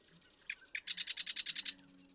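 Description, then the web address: Marsh Wren song: two clipped lead-in notes, then a dry, rapid rattle of about ten repeated notes. "birdsongforthecurious Marsh Wren"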